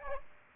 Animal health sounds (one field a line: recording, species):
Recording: mosquito wingbeat signal from an infrared sensor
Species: Aedes aegypti